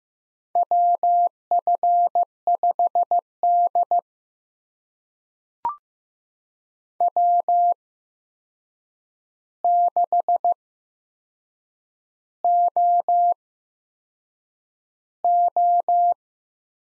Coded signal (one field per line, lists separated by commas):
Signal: Morse code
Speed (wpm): 15 wpm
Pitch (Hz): 700 Hz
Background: none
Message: WF5D W6OO